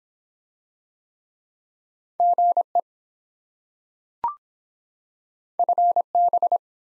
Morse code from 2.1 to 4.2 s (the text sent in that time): GE